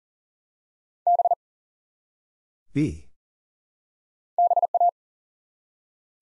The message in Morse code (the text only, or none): B BA